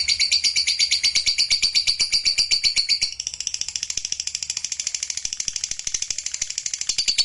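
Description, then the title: Lovebird song: a continuous, rapid chatter of high, buzzy, pulsing notes, louder and fuller in the first three seconds and then a little softer. Used to provoke a reluctant lovebird into singing spontaneously. "LOVEBIRD Malas Bunyi JADI GREGET SPONTAN Langsung NARIK"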